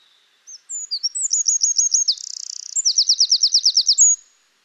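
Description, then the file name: Eurasian wren singing a loud, high-pitched burst: a few thin introductory notes run into quick repeated trills, a short buzzing rattle, then another rapid trill and a final whistle. "Troglodytes troglodytes"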